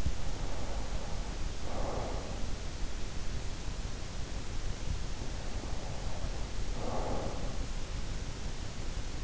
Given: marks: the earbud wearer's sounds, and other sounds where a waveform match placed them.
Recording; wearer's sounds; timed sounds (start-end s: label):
sounds in sleep by an in-ear microphone; breath
0.00-2.57 s: breath
5.36-7.50 s: breath